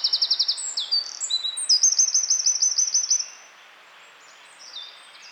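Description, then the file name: Eurasian wren pouring out a high, fast, trilling song for about three seconds; a faint short snatch of song follows later. "Troglodytes troglodytes"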